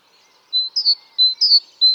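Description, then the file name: Great tit call begins after a quiet half second: high whistled notes paired with falling chirps, given twice, then a third whistled note. "Parus major"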